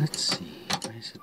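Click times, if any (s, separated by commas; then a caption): 0.7 s, 0.8 s. A metal butane gas cartridge is pushed into the holder of a portable camping stove on a second try while someone talks. Short clicks at 0.7 s and 0.8 s mark the cartridge locking into place, and it is then seated fine.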